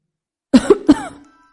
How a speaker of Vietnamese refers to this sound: Tiêu lão thái thở dài, lại ho hai tiếng.